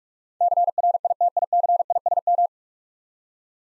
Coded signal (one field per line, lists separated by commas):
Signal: Morse code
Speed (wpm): 44 wpm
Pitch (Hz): 700 Hz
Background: none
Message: CRITICISM